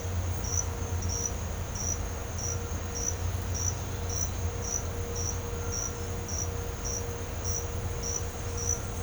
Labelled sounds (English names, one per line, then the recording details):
none
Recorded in pastures near Puerto Asís, Putumayo, Colombia, on 20 December 2024 at 08:00
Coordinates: 0.502, -76.324
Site G077